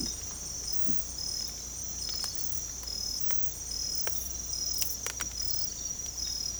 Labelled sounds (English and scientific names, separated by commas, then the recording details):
none
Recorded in secondary vegetation near Puerto Asís, Putumayo, Colombia, on 18 December 2024 at 03:30
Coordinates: 0.468, -76.324
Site G095